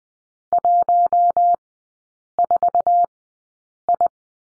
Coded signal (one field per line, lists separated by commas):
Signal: Morse code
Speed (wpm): 20 wpm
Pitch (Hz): 700 Hz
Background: none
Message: 14I